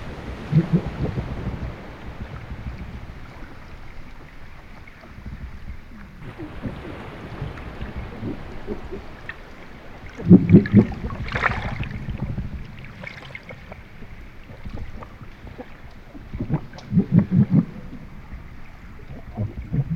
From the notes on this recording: An underwater microphone captures grey seals swimming around the hull of the small boat while a full moon hangs in the still night.